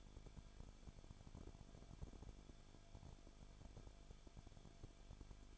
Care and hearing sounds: daily activity, microphone in the room; no activity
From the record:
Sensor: 5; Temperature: 20.4 degrees Celsius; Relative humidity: 39.7%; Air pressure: 1010.8 hPa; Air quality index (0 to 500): 166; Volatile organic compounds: 15 ppm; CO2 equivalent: 2500 ppm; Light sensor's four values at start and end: 2/3/1/1 and 2/3/1/1

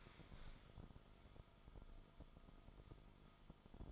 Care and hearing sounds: daily activity, microphone in the room; stand up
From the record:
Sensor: 5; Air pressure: 1005.1 hPa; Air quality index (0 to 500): 106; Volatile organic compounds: 2 ppm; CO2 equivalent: 1304 ppm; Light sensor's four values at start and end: 34/80/32/30 and 34/80/32/30

